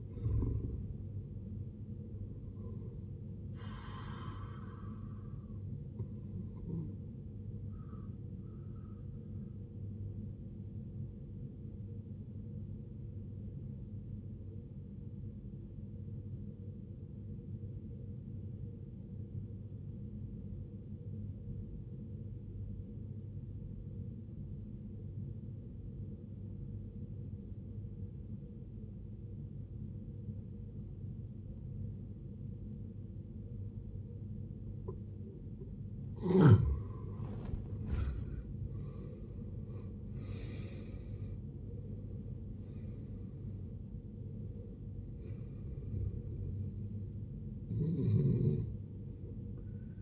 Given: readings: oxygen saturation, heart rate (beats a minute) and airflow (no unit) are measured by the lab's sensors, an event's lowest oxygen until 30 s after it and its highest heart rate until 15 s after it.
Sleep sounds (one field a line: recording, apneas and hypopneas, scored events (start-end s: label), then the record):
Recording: breathing in sleep by a smartphone at the bedside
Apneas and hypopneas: 1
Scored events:
15.00-35.90 s: obstructive apnea (N1, oxygen 95% highest, then 73% lowest, heart rate 66 at the start, 83 highest)
From the record:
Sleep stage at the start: N1 (lightest sleep)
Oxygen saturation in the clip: 75 to 95%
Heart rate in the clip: 56 to 83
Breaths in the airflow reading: 8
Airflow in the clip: -19.1 to 16.3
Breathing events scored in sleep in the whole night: 389 in 6.3 hours asleep